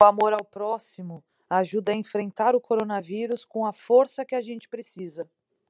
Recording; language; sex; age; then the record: spoken sentence; Brazilian Portuguese; female; 30 to 39 years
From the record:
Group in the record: control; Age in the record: 36 years